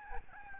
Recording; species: mosquito wingbeat signal from an infrared sensor; Aedes albopictus